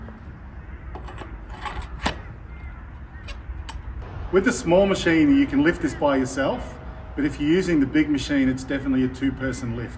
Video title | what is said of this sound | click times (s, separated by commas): Cages and Machines | push them in here. There's a button till it clicks in. | 2.1 s